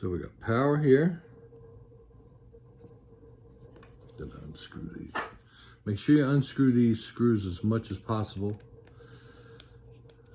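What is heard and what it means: Someone talks while backing out the captive screws of a wire screw terminal block on a small LED controller board, unscrewing them as far as they will go. Sharp clicks at 9.6 s and 10.1 s mark the screws reaching their fully open stop, where they are released but stay captive.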